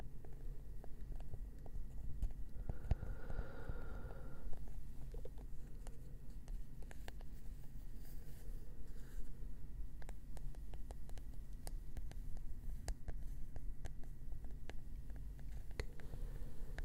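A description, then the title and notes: Gentle wooden tapping and scratching, with soft clicks and knocks scattered unevenly throughout and clustering more densely from about eight to thirteen seconds. A low steady rumble runs underneath, and around three to four seconds a brief tonal hum rises then fades. ASMR gentle Wood Triggers - tapping & scratching.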